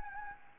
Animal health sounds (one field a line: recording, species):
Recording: mosquito wingbeat signal from an infrared sensor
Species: Anopheles gambiae